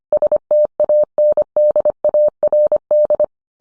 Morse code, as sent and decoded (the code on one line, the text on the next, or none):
... - .- -. -.. .- .-. -..
STANDARD